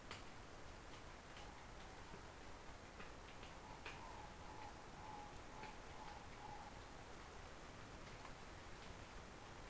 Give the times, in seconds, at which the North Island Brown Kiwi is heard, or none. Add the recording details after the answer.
none. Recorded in New Zealand on 16 November 2013. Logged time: 21:44. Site BS16